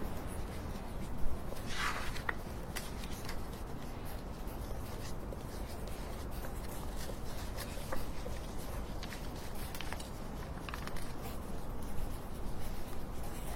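Pen or pencil strokes scratch steadily across paper, with brief brighter scrapes around two seconds and again near eleven seconds. A dense, low rumble fills the background throughout, and the writing stays close and fairly even in level for the whole stretch.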